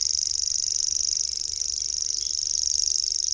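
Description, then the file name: Common grasshopper warbler song, an unbroken, very high mechanical reeling of rapid even pulses, sustained throughout like an insect. "Swierszczak"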